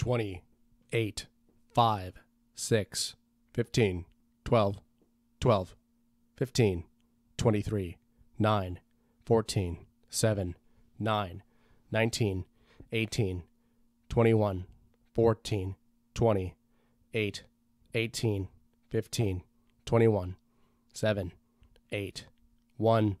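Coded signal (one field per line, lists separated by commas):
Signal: numbers station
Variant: English, reenactment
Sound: a voice slowly reading numbers one by one, evenly spaced, over a steady hum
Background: steady low hum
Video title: ASMR- Numbers Station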